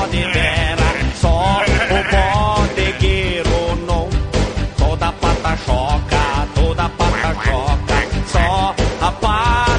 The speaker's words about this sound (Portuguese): Todo bode berra.